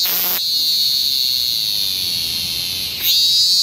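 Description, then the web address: Cicada song, a steady high-pitched buzz that holds unbroken throughout, with two short harsh pulsed bursts, one at the start and one near the end. Summer nights. "som das noites de verao com cigarras"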